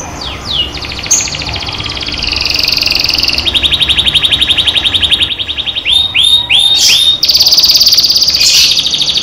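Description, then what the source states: Canary song: fast rolling trills at mid-high pitch, shifting between several rapid trilled phrases, with sharp slurred chirps near the end. Cage canary; recording used as training therapy to increase a canary's singing volume.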